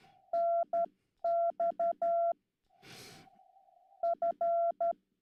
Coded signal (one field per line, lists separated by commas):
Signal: Morse code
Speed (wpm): 12 wpm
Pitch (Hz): 680 Hz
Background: none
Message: NX F